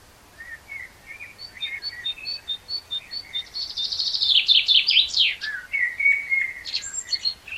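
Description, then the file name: Common blackbird song: high thin notes repeating, then a loud scratchy twitter and a mellow fluted warble sliding down and back up. "Turdus merula"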